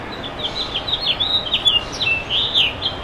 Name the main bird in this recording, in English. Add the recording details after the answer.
House Finch. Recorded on Long Island, New York, on 7 June 2011. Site MV. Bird C